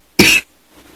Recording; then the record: coughing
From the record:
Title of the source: 64 coughing, allergies, singing lungs